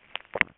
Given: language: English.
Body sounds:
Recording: throat vibration sensor signal played as sound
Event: swallow

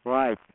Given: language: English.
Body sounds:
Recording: throat vibration sensor signal played as sound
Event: speech

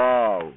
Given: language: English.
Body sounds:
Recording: throat vibration sensor signal played as sound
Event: speech

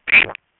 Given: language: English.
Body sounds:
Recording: throat vibration sensor signal played as sound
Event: swallow

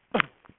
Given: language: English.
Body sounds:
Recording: throat vibration sensor signal played as sound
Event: cough

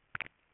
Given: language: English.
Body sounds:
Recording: throat vibration sensor signal played as sound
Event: swallow

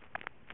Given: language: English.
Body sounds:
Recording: throat vibration sensor signal played as sound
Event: swallow

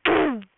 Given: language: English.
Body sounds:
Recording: throat vibration sensor signal played as sound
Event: throat clearing

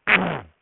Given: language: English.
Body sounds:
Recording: throat vibration sensor signal played as sound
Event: throat clearing

